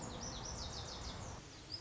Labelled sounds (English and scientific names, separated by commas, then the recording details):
Lazuli Bunting (Passerina amoena)
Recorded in Sonoma County, California